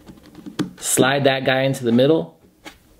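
An 11 ml squonk bottle is pushed into the bottle slot of a mechanical squonk mod body and slid into the middle. A few faint taps come first, then a sharp click at 0.6 s as the bottle seats. Someone talks over the rest of the clip.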